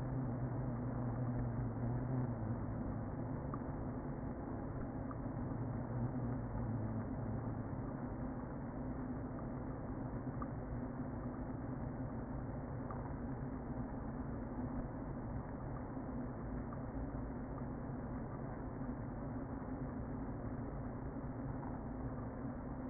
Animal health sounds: honeybee colony, microphone inside the hive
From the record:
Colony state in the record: queen present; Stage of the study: before two queens were removed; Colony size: about 60,000 bees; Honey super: yes

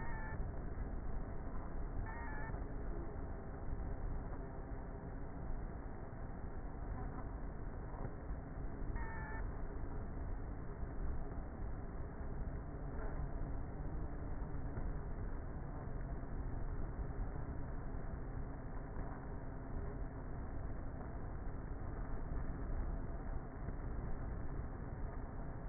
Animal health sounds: honeybee colony, microphone inside the hive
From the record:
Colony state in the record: queenless with a low population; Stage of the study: before two queens were removed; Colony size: about 30,000 bees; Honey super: no

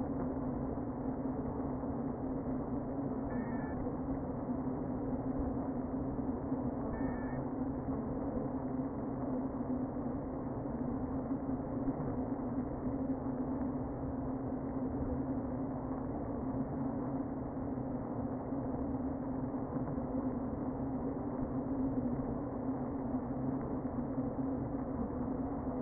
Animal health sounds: honeybee colony, microphone inside the hive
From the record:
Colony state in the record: queen present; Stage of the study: before two queens were removed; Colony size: about 60,000 bees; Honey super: yes

